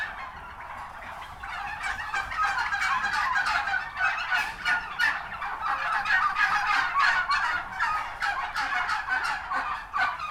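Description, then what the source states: Turkey gobbles from many birds, a dense chorus of quick rattling calls rising and falling in loudness throughout. Recorded at a turkey farm.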